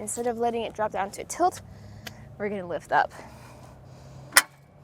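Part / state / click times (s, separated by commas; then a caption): hitch bike rack folding into its upright locked position on the hitch mount / seated / 4.4 s. Someone talks while the tilt lever on a Thule T2 Pro XTR hitch-mounted platform bike rack for 4 bikes, fitted to a 2018 Jeep Grand Cherokee, is pulled and the metal rack is lifted into its folded upright storage position. A single sharp snap rings out at 4.4 s as the rack locks upright on the hitch mount, seated in place.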